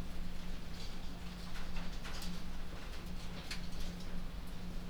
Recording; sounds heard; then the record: poultry house recording; no chicken sound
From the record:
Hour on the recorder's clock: 23